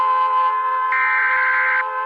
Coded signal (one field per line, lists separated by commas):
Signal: Emergency Alert System (SAME) tones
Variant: header bursts